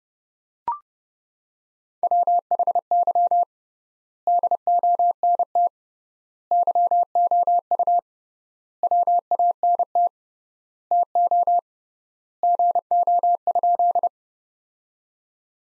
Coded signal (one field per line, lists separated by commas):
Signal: Morse code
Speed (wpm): 30 wpm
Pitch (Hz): 700 Hz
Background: none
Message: WHY DONT YOU WANT TO GO?